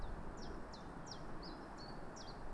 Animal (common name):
Common Chiffchaff